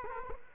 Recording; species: mosquito wingbeat signal from an infrared sensor; Culex quinquefasciatus